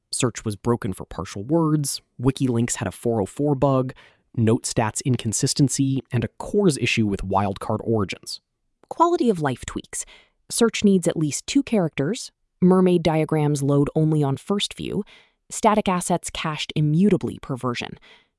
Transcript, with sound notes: search was broken for partial words, wikilinks had a 404 bug, note stats inconsistency, and a CORS issue with wildcard origins.
[with emphasis] Quality-of-life tweaks: search needs at least two characters, Mermaid diagrams load only on first view, static assets cached immutably per version.